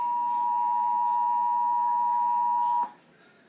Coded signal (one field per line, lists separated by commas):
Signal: Emergency Alert System (SAME) tones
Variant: 853 and 960 Hz attention tone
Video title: EAS 135 Flash Flood Warning For McAllen, TX